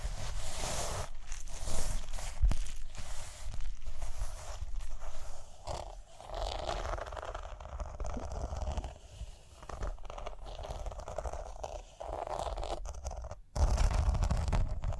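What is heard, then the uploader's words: Dry scratching and brushing over a hard, glittery surface, with bursts of rough scraping separated by short pauses near 1, 2.5, 6 and 13.5 seconds. The texture is dense and bright with a low rumble underneath, and small taps break through now and then. ASMR Relaxing Rhinestone Tapping, Scratching, Brushing (No Talking).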